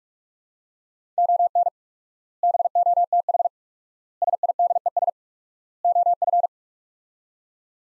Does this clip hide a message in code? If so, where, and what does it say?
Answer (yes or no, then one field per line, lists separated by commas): yes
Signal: Morse code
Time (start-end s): 1.2-6.5 s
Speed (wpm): 41 wpm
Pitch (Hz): 700 Hz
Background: none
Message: ON BOTH SIDES OF